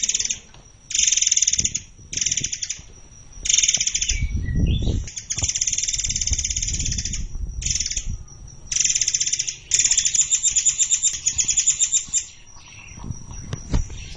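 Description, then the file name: Forktail giving repeated shrill, buzzy trilled phrases of varying length, broken by pauses, over low background rumble. "burung murai air"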